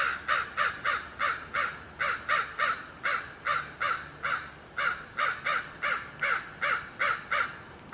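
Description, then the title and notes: Crow giving a long, regular chain of many harsh caws. Crows in Notre-Dame-des-Neiges Cemetery, 24 July 2008. "Cimitiere de Notre-Dame-des-Neiges, 24.07.08. Crows in the cemetry"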